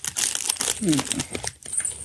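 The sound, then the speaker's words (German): Plastic cookie wrappers rustle and crinkle steadily for about two seconds, a dense run of sharp crackling bursts, with a brief murmur of a voice partway through. “So, das sind jetzt so Mürbeteigplätzchen. Mit so Schoki in der drin. Alles einzeln eingepackt. Raschelt jetzt natürlich schön.”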